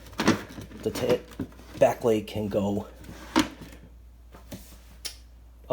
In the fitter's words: hear and click in the place and then the